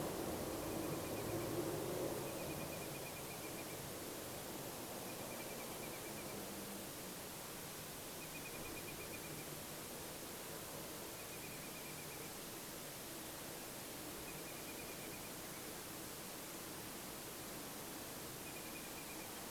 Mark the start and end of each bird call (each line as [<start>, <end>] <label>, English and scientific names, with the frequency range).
[0.48, 1.52] Eurasian Whimbrel (Numenius phaeopus) (2.2-2.6 kHz)
[2.25, 3.86] Eurasian Whimbrel (Numenius phaeopus) (2.3-2.6 kHz)
[5.04, 6.40] Eurasian Whimbrel (Numenius phaeopus) (2.2-2.6 kHz)
[8.17, 9.47] Eurasian Whimbrel (Numenius phaeopus) (2.3-2.6 kHz)
[11.17, 12.32] Eurasian Whimbrel (Numenius phaeopus) (2.2-2.6 kHz)
[14.23, 15.32] Eurasian Whimbrel (Numenius phaeopus) (2.2-2.6 kHz)
[18.45, 19.29] Eurasian Whimbrel (Numenius phaeopus) (2.2-2.5 kHz)